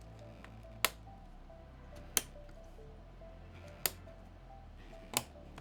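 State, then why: Seated. DDR memory sticks are pushed into motherboard DIMM slots, bottom then top, until the plastic retention latches snap. Sharp clicks are heard at 0.9, 2.2, 3.9 and 5.2 seconds over a quiet background hum. The RAM is seated and successfully installed.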